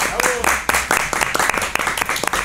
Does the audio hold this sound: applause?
yes